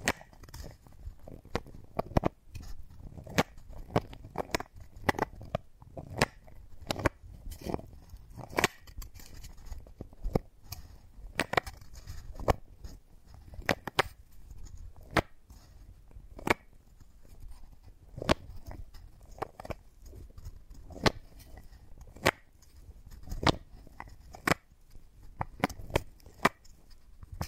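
Wooden balls click and knock against each other in sharp, bright taps, coming irregularly about once or twice a second across the whole stretch. Between the knocks there is a soft low rumble of handling and faint rustling, with occasional clusters of quicker taps.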